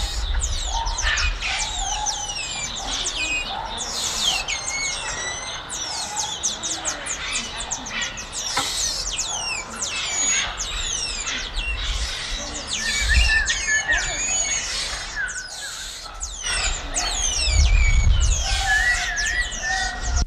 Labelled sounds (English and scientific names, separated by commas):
Cottontop Tamarin (Saguinus oedipus) call